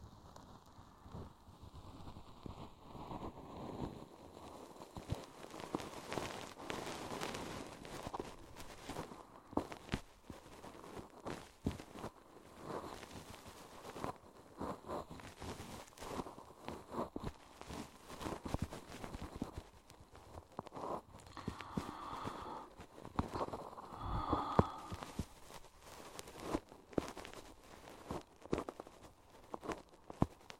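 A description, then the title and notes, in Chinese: Ear cleaning sounds: dense, irregular scratching and crackling clicks that run the whole half minute without pause, with a soft rustle underneath. Around 21 and 24 seconds a brief, brighter squeaky scraping stands out over the tapping. 一次纯粹清洁耳朵的体验。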